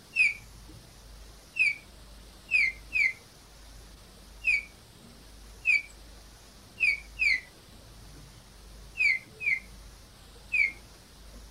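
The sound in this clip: P. cineracea calls: short, clear whistled notes slurring downward, given singly or in quick pairs roughly every one to two seconds, against a quiet background.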